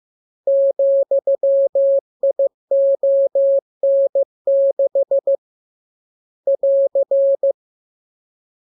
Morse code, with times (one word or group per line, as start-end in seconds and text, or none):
0.5-5.4 ,ION6
6.5-7.5 <AR>